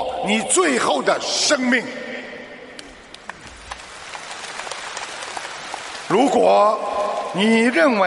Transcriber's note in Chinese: 掌声